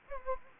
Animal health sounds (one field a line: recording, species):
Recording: mosquito wingbeat signal from an infrared sensor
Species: Anopheles gambiae